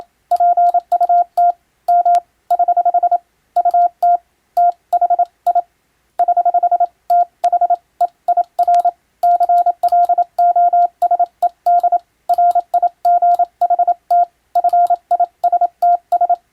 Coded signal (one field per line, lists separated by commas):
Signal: Morse code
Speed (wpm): 27 wpm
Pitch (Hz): 700 Hz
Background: radio noise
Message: PUT M <HH> UT THI <HH> THEIR CLOSED RIGHT FISTS